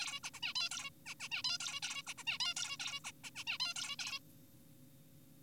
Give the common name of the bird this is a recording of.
Zebra Finch